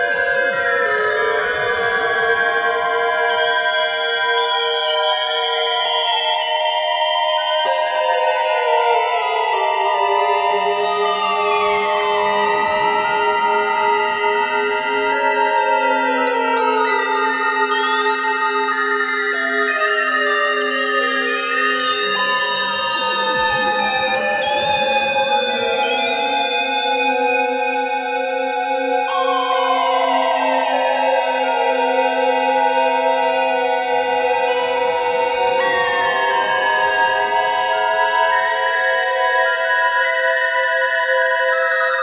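A Moog synthesizer calibrates through effects, its stacked tones stepping and gliding between pitches in overlapping layers, steady in level throughout.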